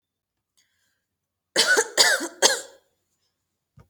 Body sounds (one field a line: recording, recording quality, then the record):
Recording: shallow voluntary cough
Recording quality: excellent, no background noise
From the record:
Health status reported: healthy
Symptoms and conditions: none ticked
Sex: female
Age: 20 years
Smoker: not ticked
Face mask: not worn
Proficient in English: yes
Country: India